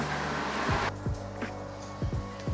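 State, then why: Not seated. A part held by two side clips on the differential/subframe assembly is being worked into place while a Z3 differential is installed in a BMW E30. Broad hissing noise fills the first 0.9 seconds, followed by a low hum and several dull low knocks from handling around 0.7, 1.1, 1.4, 2.0, 2.1 and 2.5 seconds. Nothing has seated or clicked yet.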